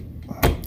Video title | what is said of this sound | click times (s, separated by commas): RAIN-X LATITUDE WATER REPELLANCY WINDSHIELD WIPER INSTALL VW PASSAT | You just take it all the way back until it snaps in like that. | 0.4 s